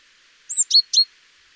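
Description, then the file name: Great tit giving a quick call of three high notes, the last two sweeping downward. "Parus major"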